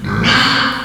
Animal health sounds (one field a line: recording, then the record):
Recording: squeal of a Yucatan mini pig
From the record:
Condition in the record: after surgery on the right vocal fold (resection and tissue-engineered implant)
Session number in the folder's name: 15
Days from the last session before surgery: 175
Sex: female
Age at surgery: 19 weeks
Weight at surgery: 25 kg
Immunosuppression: prednisolone